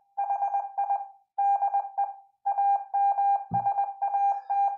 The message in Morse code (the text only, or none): HI DE AMSAT